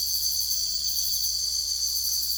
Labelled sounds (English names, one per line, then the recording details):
none
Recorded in secondary vegetation near Puerto Asís, Putumayo, Colombia, on 21 December 2024 at 05:00
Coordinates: 0.488, -76.319
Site GP04